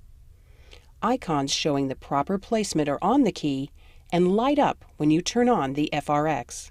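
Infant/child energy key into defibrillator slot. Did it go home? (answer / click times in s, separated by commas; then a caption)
yes / 0.7 s. A plastic infant/child key is pressed down into the slot near the top of a Philips HeartStart Onsite defibrillator and clicks into place, seated, with a short click at 0.7 s. Someone talks after the click.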